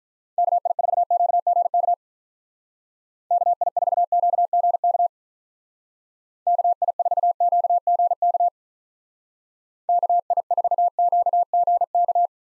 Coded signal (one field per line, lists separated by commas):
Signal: Morse code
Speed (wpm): 44 wpm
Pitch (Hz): 700 Hz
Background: none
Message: KI4QGK KI4QGK KI4QGK KI4QGK